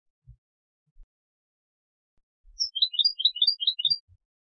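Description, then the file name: European goldfinch call, a brief burst of rapid high tinkling notes, many short twittering elements packed into about one and a half seconds. "Carduelis carduelis"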